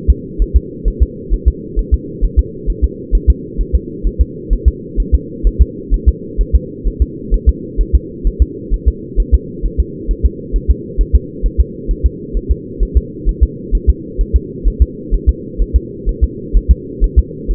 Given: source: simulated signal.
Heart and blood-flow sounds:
fetal heart sounds
0.10 s: S2
0.42 s: S1
0.56 s: S2
0.88 s: S1
1.03 s: S2
1.34 s: S1
1.48 s: S2
1.79 s: S1
1.94 s: S2
2.24 s: S1
2.39 s: S2
2.70 s: S1
2.84 s: S2
3.15 s: S1
3.30 s: S2
3.61 s: S1
3.75 s: S2
4.07 s: S1
4.21 s: S2
4.53 s: S1
4.68 s: S2
5.00 s: S1
5.15 s: S2
5.47 s: S1
5.62 s: S2
5.94 s: S1
6.08 s: S2
6.41 s: S1
6.55 s: S2
6.87 s: S1
7.02 s: S2
7.34 s: S1
7.49 s: S2
7.81 s: S1
7.95 s: S2
8.27 s: S1
8.42 s: S2
8.74 s: S1
8.88 s: S2
9.20 s: S1
9.35 s: S2
9.66 s: S1
9.80 s: S2
10.11 s: S1
10.26 s: S2
10.56 s: S1
10.71 s: S2
11.01 s: S1
11.15 s: S2
11.46 s: S1
11.60 s: S2
11.91 s: S1
12.06 s: S2
12.37 s: S1
12.51 s: S2
12.83 s: S1
12.97 s: S2
13.29 s: S1
13.43 s: S2
13.75 s: S1
13.89 s: S2
14.21 s: S1
14.36 s: S2
14.68 s: S1
14.82 s: S2
15.14 s: S1
15.29 s: S2
15.62 s: S1
15.76 s: S2
16.09 s: S1
16.24 s: S2
16.56 s: S1
16.71 s: S2
17.04 s: S1
17.19 s: S2
17.51 s: S1
From the record:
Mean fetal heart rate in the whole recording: 130 bpm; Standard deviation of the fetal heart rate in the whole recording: 2 bpm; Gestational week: 36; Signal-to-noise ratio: -4.1 dB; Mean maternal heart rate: no maternal heart sound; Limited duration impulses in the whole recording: absent

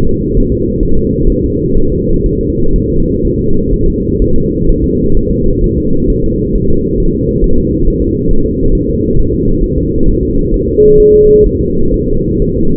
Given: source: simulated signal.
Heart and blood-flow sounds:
fetal heart sounds
0.07 s: S2
0.37 s: S1
0.52 s: S2
0.83 s: S1
0.97 s: S2
1.30 s: S1
1.44 s: S2
1.78 s: S1
1.92 s: S2
2.26 s: S1
2.41 s: S2
2.76 s: S1
2.90 s: S2
3.25 s: S1
3.39 s: S2
3.74 s: S1
3.88 s: S2
4.22 s: S1
4.36 s: S2
4.69 s: S1
4.84 s: S2
5.17 s: S1
5.31 s: S2
5.64 s: S1
5.78 s: S2
6.10 s: S1
6.24 s: S2
6.55 s: S1
6.70 s: S2
7.00 s: S1
7.14 s: S2
7.44 s: S1
7.58 s: S2
7.88 s: S1
8.02 s: S2
8.31 s: S1
8.46 s: S2
8.75 s: S1
8.89 s: S2
9.19 s: S1
9.34 s: S2
9.64 s: S1
9.78 s: S2
10.09 s: S1
10.23 s: S2
10.54 s: S1
10.68 s: S2
11.00 s: S1
11.14 s: S2
11.46 s: S1
11.61 s: S2
11.94 s: S1
12.08 s: S2
12.42 s: S1
12.56 s: S2
From the record:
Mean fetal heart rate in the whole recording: 130 bpm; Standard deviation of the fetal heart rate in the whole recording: 4 bpm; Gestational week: 38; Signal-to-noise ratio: -17.7 dB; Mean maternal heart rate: 72 bpm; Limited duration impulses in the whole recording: present

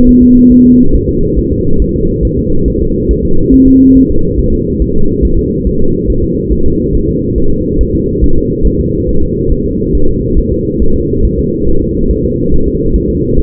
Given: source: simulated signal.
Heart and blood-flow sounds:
fetal heart sounds
0.09 s: S1
0.23 s: S2
0.52 s: S1
0.66 s: S2
0.95 s: S1
1.09 s: S2
1.39 s: S1
1.53 s: S2
1.82 s: S1
1.96 s: S2
2.25 s: S1
2.39 s: S2
2.68 s: S1
2.82 s: S2
3.11 s: S1
3.25 s: S2
3.54 s: S1
3.68 s: S2
3.97 s: S1
4.11 s: S2
4.39 s: S1
4.53 s: S2
4.82 s: S1
4.96 s: S2
5.25 s: S1
5.39 s: S2
5.67 s: S1
5.81 s: S2
6.10 s: S1
6.24 s: S2
6.52 s: S1
6.66 s: S2
6.95 s: S1
7.09 s: S2
7.38 s: S1
7.52 s: S2
7.81 s: S1
7.95 s: S2
8.24 s: S1
8.38 s: S2
8.67 s: S1
8.81 s: S2
9.09 s: S1
9.23 s: S2
9.52 s: S1
9.66 s: S2
9.95 s: S1
10.09 s: S2
10.38 s: S1
10.52 s: S2
10.82 s: S1
10.96 s: S2
11.25 s: S1
11.39 s: S2
11.69 s: S1
11.82 s: S2
12.11 s: S1
12.25 s: S2
12.54 s: S1
12.68 s: S2
12.96 s: S1
13.10 s: S2
13.39 s: S1
From the record:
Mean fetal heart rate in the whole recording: 140 bpm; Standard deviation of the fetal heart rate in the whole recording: 2 bpm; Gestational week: 34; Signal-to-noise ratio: -19.1 dB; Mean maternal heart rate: 72 bpm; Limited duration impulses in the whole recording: present

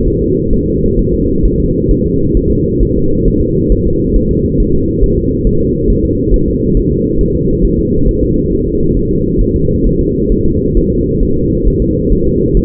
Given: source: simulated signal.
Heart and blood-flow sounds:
fetal heart sounds
0.08 s: S1
0.22 s: S2
0.53 s: S1
0.68 s: S2
0.99 s: S1
1.14 s: S2
1.45 s: S1
1.60 s: S2
1.91 s: S1
2.06 s: S2
2.37 s: S1
2.52 s: S2
2.83 s: S1
2.97 s: S2
3.28 s: S1
3.42 s: S2
3.72 s: S1
3.87 s: S2
4.16 s: S1
4.31 s: S2
4.60 s: S1
4.75 s: S2
5.04 s: S1
5.18 s: S2
5.47 s: S1
5.61 s: S2
5.90 s: S1
6.05 s: S2
6.34 s: S1
6.48 s: S2
6.77 s: S1
6.92 s: S2
7.21 s: S1
7.35 s: S2
7.65 s: S1
7.79 s: S2
8.08 s: S1
8.23 s: S2
8.52 s: S1
8.67 s: S2
8.97 s: S1
9.11 s: S2
9.41 s: S1
9.56 s: S2
9.87 s: S1
10.01 s: S2
10.32 s: S1
10.46 s: S2
10.77 s: S1
10.92 s: S2
11.23 s: S1
11.37 s: S2
11.68 s: S1
11.82 s: S2
12.12 s: S1
12.27 s: S2
12.57 s: S1
From the record:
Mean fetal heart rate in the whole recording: 135 bpm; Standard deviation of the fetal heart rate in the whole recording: 3 bpm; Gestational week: 36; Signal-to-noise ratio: -15.3 dB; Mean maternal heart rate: 72 bpm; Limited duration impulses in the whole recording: present

